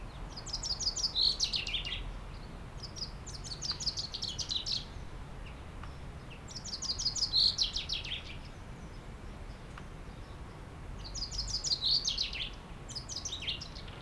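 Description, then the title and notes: Common chaffinch singing a bright, rattling phrase that tumbles down to a short flourish, repeated several times at uneven intervals, with soft background hum. Singing in a tree while preening, Aix-les-Bains, France; faint stream in background. "30 Rue Eugène Fert, Aix-les-Bains, France - Pinson des arbres. Un pinson chante dans un arbre et je le vois faire sa toilette, une petite séquence différente de sa ritournelle habituelle, puis dérangé par un autre oiseau il s'envole"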